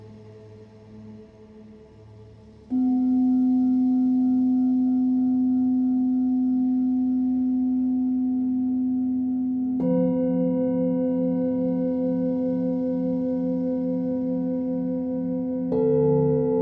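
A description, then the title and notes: Singing bowls ring in long, steady tones that swell and shimmer. A soft hum at the start gives way to a strong, sustained bowl tone near three seconds; a second, higher bowl joins near ten seconds with a rhythmic pulsing waver, and another strike lands near sixteen seconds. Singing Bowl Sound Therapy.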